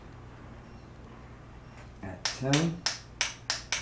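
A click-type torque wrench set to its lowest setting, 10, is tightened on a fastener and clicks at 10 at 2.2 seconds. It is then clicked a few more times at 3.2, 3.5 and 3.7 seconds to work grease into the mechanism before use, while someone talks.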